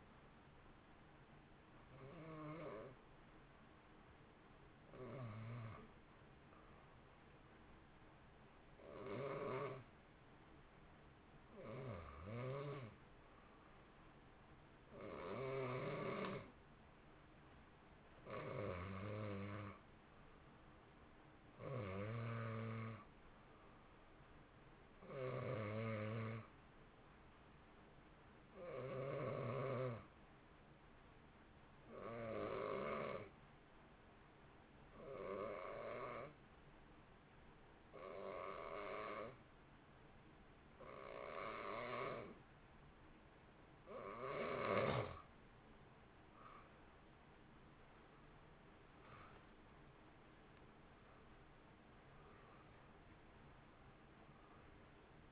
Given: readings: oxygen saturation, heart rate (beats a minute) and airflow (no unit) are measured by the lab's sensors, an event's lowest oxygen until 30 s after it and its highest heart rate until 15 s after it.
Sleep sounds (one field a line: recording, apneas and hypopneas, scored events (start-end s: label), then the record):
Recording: breathing in sleep by a voice recorder at the bedside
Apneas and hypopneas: 2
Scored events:
5.00-19.70 s: hypopnea (N2, oxygen 91% highest, then 88% lowest, heart rate 56 at the start, 63 highest)
31.00-46.40 s: hypopnea (N2, oxygen 91% highest, then 83% lowest, heart rate 62 at the start, 71 highest)
39.00-55.32 s: new sleep stage, N1 (lightest sleep)
From the record:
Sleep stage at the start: N2 (light sleep)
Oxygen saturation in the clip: 85 to 91%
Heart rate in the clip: 56 to 71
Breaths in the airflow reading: 16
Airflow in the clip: -2.1 to 2.5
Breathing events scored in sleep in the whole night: 328 in 6.3 hours asleep